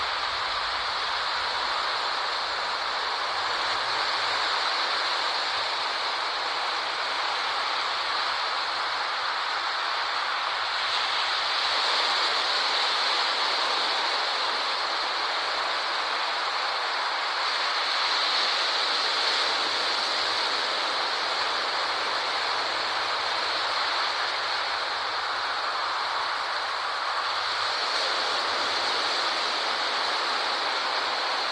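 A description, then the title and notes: Ocean waves make a dense, continuous rush of hiss and spray with little low rumble. The roar swells gently every several seconds, around 11, 18 and 28 seconds, then settles back, with no other sounds standing out. Waves in the ocean.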